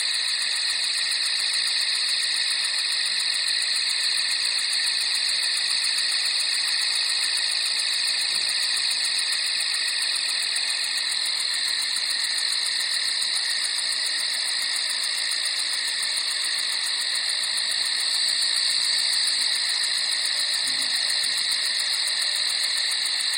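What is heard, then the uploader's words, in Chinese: Cicadas drone through a rural night, a dense, unbroken wall of shrill buzzing that holds steady for the whole stretch. Several bright bands overlap high up, with a faint higher whine above them, while the low end stays nearly empty and quiet. 乡村夜晚蝉鸣。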